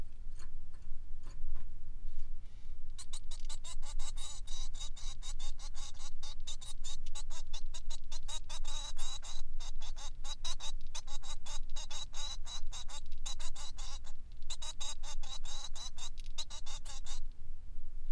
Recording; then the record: song of a male Bengalese finch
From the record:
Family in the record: son of father 3